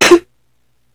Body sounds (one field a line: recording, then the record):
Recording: coughing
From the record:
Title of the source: 61 morning phlegmy cough...again